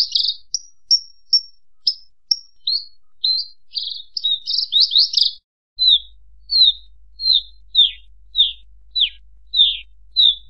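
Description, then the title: Horsfield's bush lark song opening with a quick jumble of high chirps, then a steady series of single downslurred whistled notes. Song used to train birds; bird singing actively and prolifically (gacor). "SUARA MASTERAN BURUNG BRANJANGAN GACOR"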